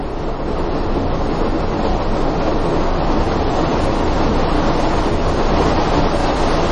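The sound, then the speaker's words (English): Heavy rain drums steadily on a skylight, a loud, dense, unbroken patter that sounds almost like static hiss, with no voices or pauses throughout. “That's rain hitting a skylight right above my head.”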